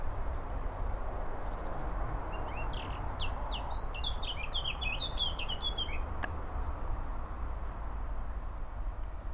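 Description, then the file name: Eurasian blackcap song: one hurried warbling phrase of jumbled rising and falling notes lasting several seconds, a single sharp click afterward, steady low noise underneath. "Sylvia atricapilla"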